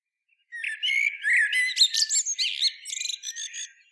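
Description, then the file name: Common blackbird song: a sustained phrase of fluty warbling that turns into dense, high twittering and rapid squeaky notes before tailing off. "Turdus merula"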